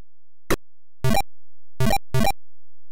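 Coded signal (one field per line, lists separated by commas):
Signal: none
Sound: game sound effects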